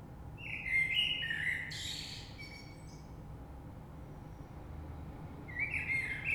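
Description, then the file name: Common blackbird singing a mellow whistled phrase with a high scratchy flourish, then a pause of several seconds before the next fluty phrase begins. Recorded 3 March 2020. "Rush Merle"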